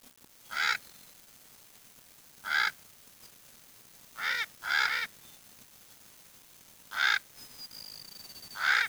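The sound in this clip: Bird uttering short, raspy, nasal calls, singly or in pairs, separated by pauses.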